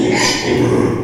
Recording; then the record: squeal of a Yucatan mini pig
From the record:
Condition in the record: before surgery on the right vocal fold (resection and tissue-engineered implant); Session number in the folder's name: 2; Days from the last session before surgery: 0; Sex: male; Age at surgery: 12 weeks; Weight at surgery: 13 kg